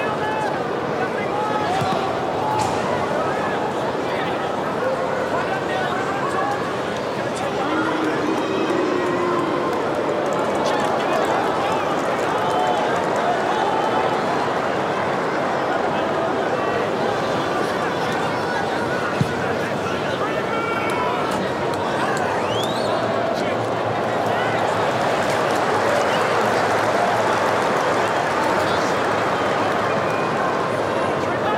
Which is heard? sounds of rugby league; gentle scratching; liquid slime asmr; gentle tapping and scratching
sounds of rugby league